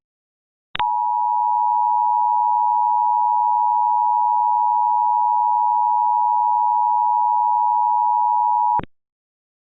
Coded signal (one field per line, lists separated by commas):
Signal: Emergency Alert System (SAME) tones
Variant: 853 and 960 Hz attention tone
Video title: EAS Mock: She will return